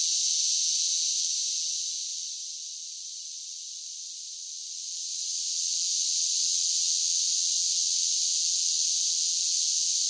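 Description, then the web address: Cicadas in full chorus, a high hissing buzz that dips quieter in the middle, then swells back to full strength and holds. Large groups of cicadas singing. "Blast Wave 5 1 5 1 SSFX Cicadas Sing. cicadas large groups singing insects bugs"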